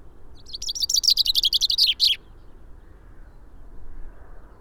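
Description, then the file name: Common chaffinch song, one loud phrase of rapid repeated notes sliding down the scale and ending in a quick flourish, then quiet low background noise. "Fringilla coelebs"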